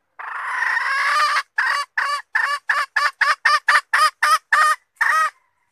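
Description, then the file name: Red junglefowl hen call opens with a long nasal note, followed by a quick series of short cackling notes and a final longer one. Hen calling to find a mate. "tieng ga rung mai keu tim kiem ban tinh"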